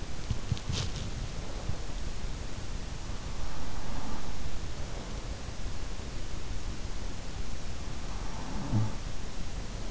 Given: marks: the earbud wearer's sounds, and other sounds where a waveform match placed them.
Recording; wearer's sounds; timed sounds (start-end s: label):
sounds in sleep by an in-ear microphone; body movement
0.00-1.54 s: body movement
3.03-4.39 s: sound from someone else or the room
8.25-9.48 s: sound from someone else or the room